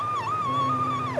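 A steady, high whistling tone runs for about a second with a slight wavering pitch. It is a doctor's vocal imitation of the wheeze of asthma, one of three suspicious signs along with chronic cough and breathlessness. The airways are narrower than a coffee straw, so air cannot get out on breathing out and is trapped in the lungs.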